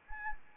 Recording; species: mosquito wingbeat signal from an infrared sensor; Anopheles arabiensis